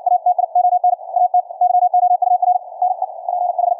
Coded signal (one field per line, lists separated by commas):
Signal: Morse code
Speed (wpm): 56 wpm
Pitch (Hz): 720 Hz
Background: none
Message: ATION AT YOUR NE PH